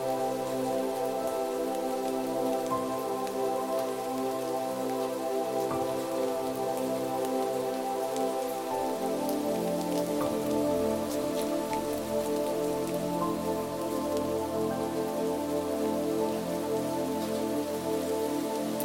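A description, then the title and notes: Gentle rain patters steadily in the background, a soft even hiss with scattered drop ticks, beneath sustained piano and airy instrumental tones. The melody holds long, smooth notes, and around nine seconds deeper, fuller chords come in and carry on to the end. Midnight Rainfall, Rain Sounds & Relaxing Piano Music On A Peaceful Night. A gracious blend of piano notes, ethereal instrumental melodies and gentle rain.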